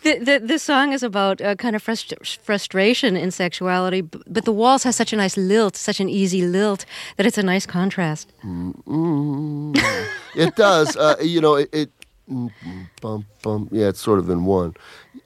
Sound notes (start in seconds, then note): 8.4 humming; 9.7 laughter